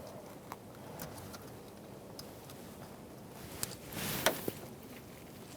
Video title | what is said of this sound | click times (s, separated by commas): How to Replace Master Cylinder 2014-2018 Subaru Forester | Once you hear the click, it's in, like that. | 4.3 s